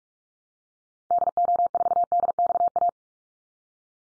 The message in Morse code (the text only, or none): DO4DXA